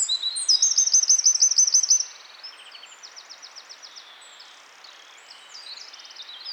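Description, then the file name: Eurasian wren song ending in a loud high trill over the first two seconds, followed by quieter-sounding wren phrases and soft rattles against steady hiss. "Troglodytes troglodytes"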